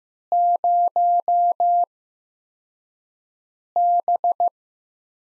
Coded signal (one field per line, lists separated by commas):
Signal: Morse code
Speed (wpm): 15 wpm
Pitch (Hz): 700 Hz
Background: none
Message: 0B